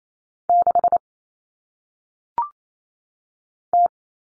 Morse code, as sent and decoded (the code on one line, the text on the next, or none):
-.... / -
6 T